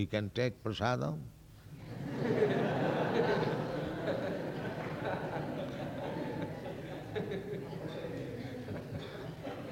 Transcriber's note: laughter